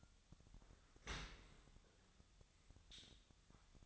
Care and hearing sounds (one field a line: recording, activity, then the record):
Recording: daily activity, microphone in the room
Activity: open dishwasher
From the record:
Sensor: 3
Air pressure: 1006.8 hPa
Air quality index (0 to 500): 207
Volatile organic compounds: 19 ppm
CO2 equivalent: 2643 ppm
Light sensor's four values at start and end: 11/25/10/10 and 11/25/10/10